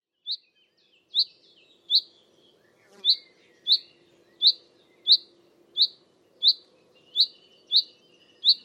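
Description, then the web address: Bird calling with a long series of short, sharp, high chirps, with a soft low rumble underneath. "Bird Only"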